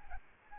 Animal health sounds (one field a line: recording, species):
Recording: mosquito wingbeat signal from an infrared sensor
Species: Aedes albopictus